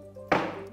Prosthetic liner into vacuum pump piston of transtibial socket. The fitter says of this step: liner, hear the snap connection to the piston and pull the liner out.